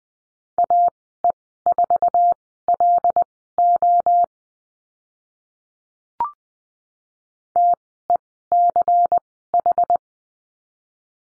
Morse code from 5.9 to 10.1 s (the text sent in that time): TECH